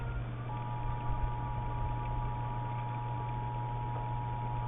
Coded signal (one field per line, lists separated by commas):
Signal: Emergency Alert System (SAME) tones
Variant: 853 and 960 Hz attention tone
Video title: EAS 3138-3139: NWS Omaha Tornado Warning